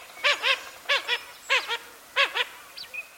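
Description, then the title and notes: Blue-winged Teal calls: paired nasal quacking notes repeated in four bursts, then a thin high squeak at the end. Long-distance migrants nesting in Canada and the U.S., wintering in South America; feed in shallow water; pairs form in winter and migrate together in spring. "Traveling with Blue-winged Teal. BirdNote"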